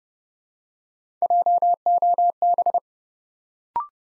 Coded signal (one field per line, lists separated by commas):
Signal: Morse code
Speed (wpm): 29 wpm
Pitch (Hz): 700 Hz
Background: none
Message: JOB